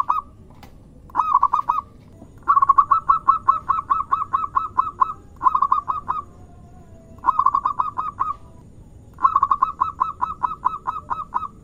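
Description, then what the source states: Zebra dove giving rapid staccato coos in repeated phrases, some long runs of many evenly spaced notes, with short pauses between phrases. Lure recording of a zebra dove singing vigorously (gacor).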